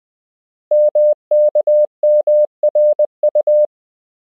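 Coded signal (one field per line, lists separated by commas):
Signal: Morse code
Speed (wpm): 20 wpm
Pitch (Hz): 600 Hz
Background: none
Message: MKMRU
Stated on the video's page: Koch method lesson 4 drill: English words and ham QSO patterns at 20 wpm, generated by a Morse learning app.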